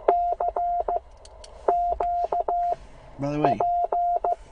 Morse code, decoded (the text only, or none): CQ P